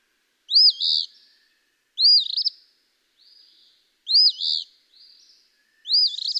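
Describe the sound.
Eastern phoebe song: a raspy two-part fee-bee phrase repeated about every one and a half seconds, four times, with soft buzzy notes between.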